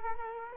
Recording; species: mosquito wingbeat signal from an infrared sensor; Culex quinquefasciatus